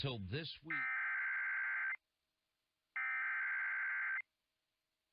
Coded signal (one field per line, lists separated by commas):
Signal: Emergency Alert System (SAME) tones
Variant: header bursts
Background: speech